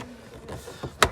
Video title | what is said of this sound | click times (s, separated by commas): Honda Jazz Aktif Olmayan Jak(Aux) Girişini Aktif Etme | ara taktığı saksıda tık diye gider Hiç uğraşma sınız | 1.0 s